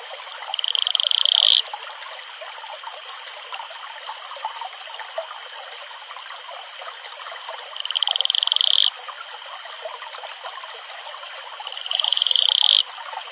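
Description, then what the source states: Atelopus franciscus calling three times, high pulsed trills about a second long, spaced several seconds apart, over steady running water. Male advertisement call.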